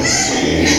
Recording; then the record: squeal of a Yucatan mini pig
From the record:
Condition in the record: before surgery on the right vocal fold (resection and tissue-engineered implant); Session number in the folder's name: 2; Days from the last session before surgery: 0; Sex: male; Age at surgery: 12 weeks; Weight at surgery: 13 kg